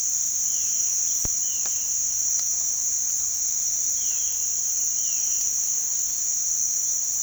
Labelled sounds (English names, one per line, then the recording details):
Violaceous Jay
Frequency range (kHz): Violaceous Jay 2.1-3.7 kHz
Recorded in pastures near Puerto Asís, Putumayo, Colombia, on 18 February 2024 at 07:00
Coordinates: 0.468, -76.328
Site G6414